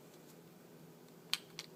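A VW key remote's circuit board is pressed onto the plastic pillars of a new key case, top pillar first. A sharp snap at 1.3 s shows the board popping into place on the pillar, followed by a softer click at 1.6 s over a low steady background hum. The board is seated.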